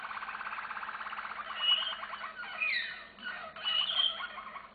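Canary delivering a rapid pulsed trill that gives way to bright whistled notes and short sliding phrases.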